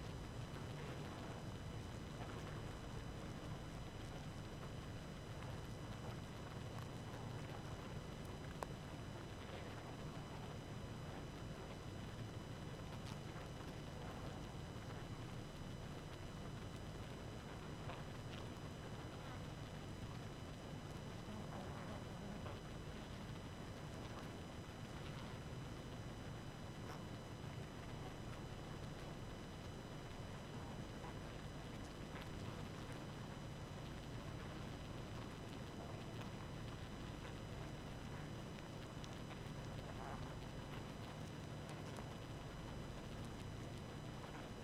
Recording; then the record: honeybee colony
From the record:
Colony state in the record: active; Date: 12 June 2018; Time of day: 22:50